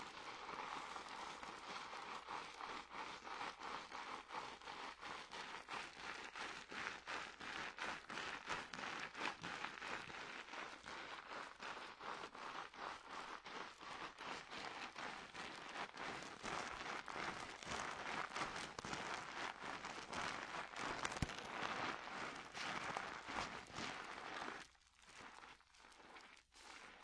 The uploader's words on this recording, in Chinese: 发廊小姐姐为你的头发做干洗。